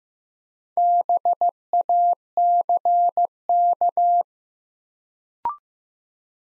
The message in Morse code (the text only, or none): BACK